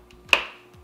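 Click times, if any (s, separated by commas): 0.3 s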